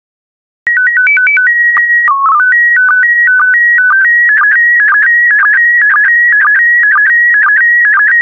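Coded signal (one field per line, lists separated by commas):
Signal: SSTV (slow-scan television)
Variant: PD 120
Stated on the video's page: SSTV image transmission in PD120 mode, daily practice images for decoding.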